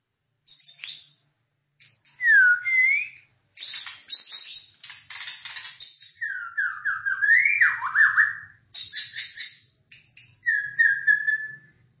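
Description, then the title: White-rumped shama singing varied phrases: scratchy bursts alternating with rich whistled notes that rise and fall, separated by short pauses. "Kicau Murai Batu"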